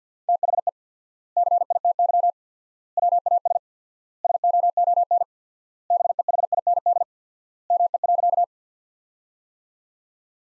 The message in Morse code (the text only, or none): THE CITY WAS SOON BEHIND ME.